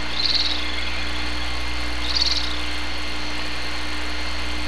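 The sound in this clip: Bird makes two short high chirruping bursts about two seconds apart against a continuous low hum.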